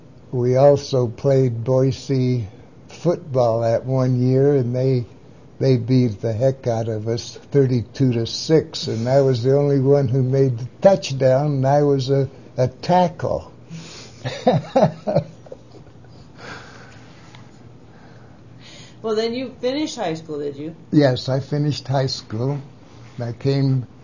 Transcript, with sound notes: we also played Boise football that one year and they - they--beat the heck out of us thirty-two to six and I was the only one that made the touch down and I was a -a—tackle. (laughs)
Well then you finished high school, did you?
Yes, I finished high school. And I came